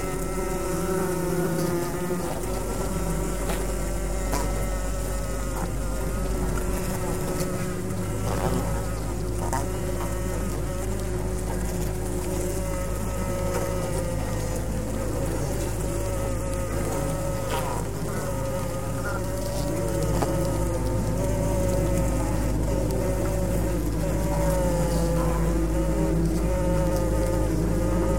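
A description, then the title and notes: Bees hum inside a beehive in a dense, steady drone, with many wavering tones layered over a deep, constant low hum. A few brighter buzzes rise and fall throughout, and the low hum shifts slightly around seven seconds while the overall level stays even. Two lapel microphones inside a beehive. Recorded by Martin Clarke in Młynik, Poland, August 2008.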